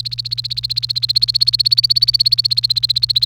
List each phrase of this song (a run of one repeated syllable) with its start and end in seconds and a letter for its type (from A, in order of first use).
0.00-3.25 A